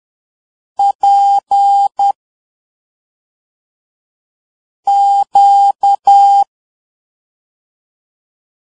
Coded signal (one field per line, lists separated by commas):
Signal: Morse code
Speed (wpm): 10 wpm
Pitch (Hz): 800 Hz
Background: none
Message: P Q